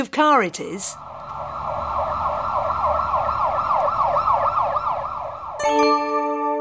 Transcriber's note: fx: police car siren